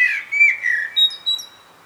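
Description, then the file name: Common blackbird: a few rich fluty notes, then thin, high squeaky tones fading out. "Turdus merula"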